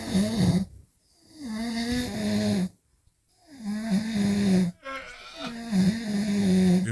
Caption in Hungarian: Nem annyira durván horkol, inkább nyög, nyöszörök, horkol, szenved, rosszat álmodik. De tök hiteles, ez tök egyenletes.